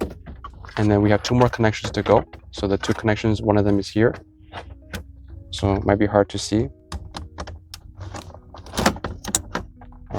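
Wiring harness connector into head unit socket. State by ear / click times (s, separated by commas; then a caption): seated / 9.3 s. A wiring harness connector is pushed into the head unit socket behind the dash of a Ford F150/F250/F350/F450/F650 (2020-2025) with Sync 4 and an 8" screen, during installation of an AuCarAuto 13" Tesla-style screen. Someone talks through the first half, followed by quieter handling and fumbling sounds, then a series of short sharp clicks near the end. The connector clicks in and seats at 9.4 s.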